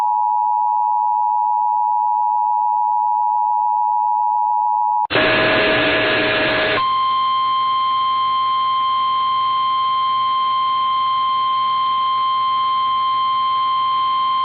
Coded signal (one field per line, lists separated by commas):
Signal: Emergency Alert System (SAME) tones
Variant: 853 and 960 Hz attention tone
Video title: EAS #426-428: 1 NWR and 2 EAS Required Monthly Tests- Oct. 15, 2020- 10:15AM PDT